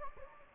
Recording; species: mosquito wingbeat signal from an infrared sensor; Anopheles gambiae